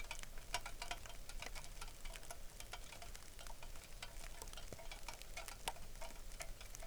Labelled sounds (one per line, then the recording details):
songbird
rain
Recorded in the Arctic National Wildlife Refuge, Alaska, on 3 August 2019
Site 33